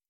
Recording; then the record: hydrophone in a shrimp aquaculture tank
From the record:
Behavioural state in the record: starved